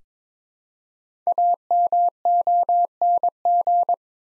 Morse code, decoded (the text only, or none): AMONG